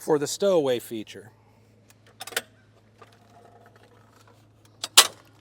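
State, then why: Seated. Someone talks as the tilt/stow handle of a folded metal Yakima StageTwo 2-bike hitch rack on a 2024 Toyota 4Runner is pulled and the rack is swung up toward its upright stowed position, with light clanks around 2.2–2.4 s. The stow latch clicks home with a sharp, loud hit at 5.0 s, locking the rack upright.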